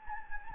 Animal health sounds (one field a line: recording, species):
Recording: mosquito wingbeat signal from an infrared sensor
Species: Anopheles gambiae